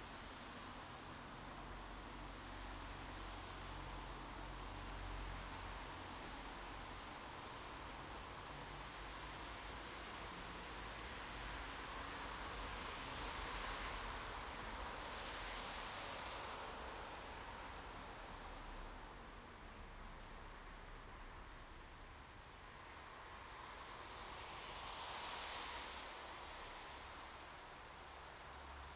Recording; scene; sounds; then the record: everyday scene through a hearing-aid microphone; in traffic; traffic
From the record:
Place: bus stop on a city main road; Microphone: in the ear canal, right